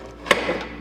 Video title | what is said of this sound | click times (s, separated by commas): Welcome to Lomi - A complete guide to using your Lomi | perfect just like that exactly the bucket should click right into place | 0.3 s